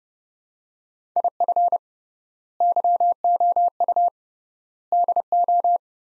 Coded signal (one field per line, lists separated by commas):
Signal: Morse code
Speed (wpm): 32 wpm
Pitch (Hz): 700 Hz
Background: none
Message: IF YOU DO